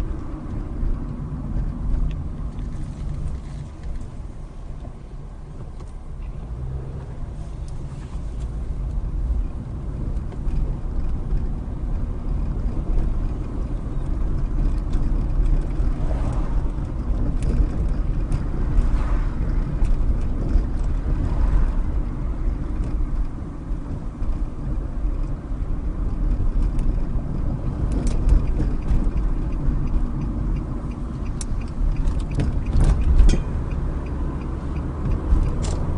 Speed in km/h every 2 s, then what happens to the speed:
24, 11, 6, 13, 19, 27, 31, 32, 31, 31, 31, 31, 31, 32, 34, 27, 24, 40.
0-3 brakes to 6. 4-13 speeds up to 32. 13-28 steady at about 31. 28-32 slows to 24. 32-36 speeds up to 40.